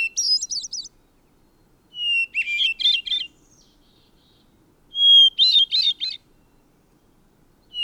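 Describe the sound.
Bird song in short bursts of bright, rapid chirps and trills, three phrases separated by pauses of one to two seconds, the last two opening with a clear whistled note, and a fourth phrase just starting at the end.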